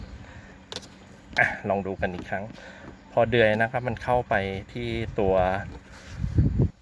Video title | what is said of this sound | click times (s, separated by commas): บูชคันเกียร์ camry asv71 | เข้าล็อคให้ได้ชุบแค่นี้เองอ่ะ | 0.8 s